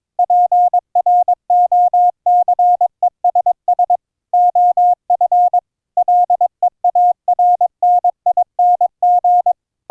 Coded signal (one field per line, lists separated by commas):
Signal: Morse code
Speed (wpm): 22 wpm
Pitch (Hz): 710 Hz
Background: none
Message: PROCESS OF LEARNING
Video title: encoding Morse Code CW AUDIO with the Gstreamer ADPCM Audio Codec - LIVE demo - CW "audio OVER ip"